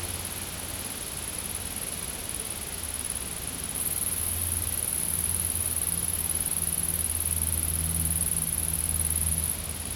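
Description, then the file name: Insects buzzing in a steady, very high-pitched whine that grows louder after four seconds, over a low rumbling hum. Recorded in a field. "Insects In The Field"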